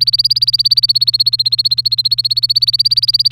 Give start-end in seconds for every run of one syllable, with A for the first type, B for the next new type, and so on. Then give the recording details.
0.00-3.32 A. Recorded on 3 May 2018 at 11:34. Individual llb3